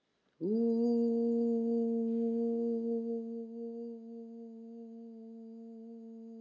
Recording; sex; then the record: sustained vowel /u/; female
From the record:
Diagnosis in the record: healthy control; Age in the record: 70 years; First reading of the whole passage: 149 s, 3.0 characters per second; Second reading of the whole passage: 105 s, 4.4 characters per second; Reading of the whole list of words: 65 s, 4.0 characters per second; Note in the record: marked for poor recording quality or reading difficulty